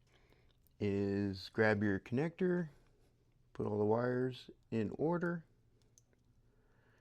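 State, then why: Seated. Someone talks while crimped metal Dupont/JST-style pin terminals on the servo/ESC wires of an SCX24 are pushed into the small plastic connector housing. After the talking stops, a small, sharp click is heard at 6.0 s as a pin seats all the way into the housing.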